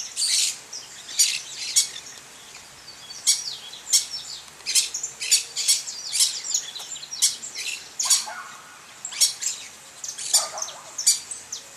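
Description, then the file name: Maroon-bellied parakeet chattering with shrill, grating squawks in rapid irregular bursts, with short gaps between them. "Tiriba de Testa Vermelha"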